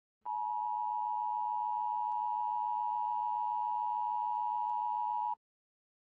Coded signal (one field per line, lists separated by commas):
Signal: Emergency Alert System (SAME) tones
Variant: 853 and 960 Hz attention tone